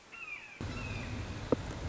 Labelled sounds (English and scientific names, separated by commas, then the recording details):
Red-shouldered Hawk (Buteo lineatus)
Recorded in Sonoma County, California